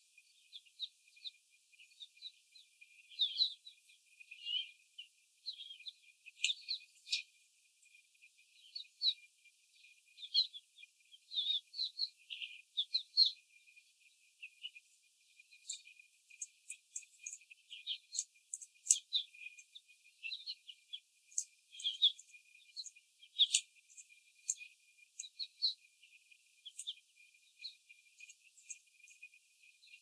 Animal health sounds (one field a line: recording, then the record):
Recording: young laying hens in a cage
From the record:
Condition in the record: before the stressor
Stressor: simulated dog barking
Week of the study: 4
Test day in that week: 3